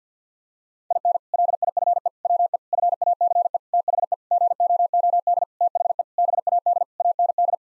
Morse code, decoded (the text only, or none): IN LIFE WE FACE THE GOOD THE BAD AND